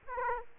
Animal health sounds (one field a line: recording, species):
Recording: mosquito wingbeat signal from an infrared sensor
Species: Aedes aegypti